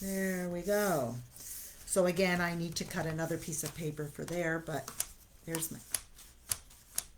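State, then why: Seated. Someone talks as a tiny handmade paper mini album with magnets in it is closed. Its magnetic closure snaps shut twice with sharp clicks at 6.5 and 7.0 seconds.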